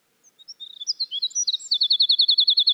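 Winter wren song starting softly with a few high notes, then warbling before breaking into a fast, even, repeated trill that runs to the end.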